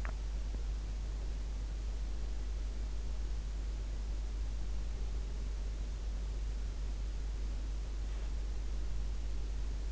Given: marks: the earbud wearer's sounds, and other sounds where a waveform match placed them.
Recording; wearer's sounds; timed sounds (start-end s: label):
sounds in sleep by an in-ear microphone; swallowing
0.00-0.63 s: swallowing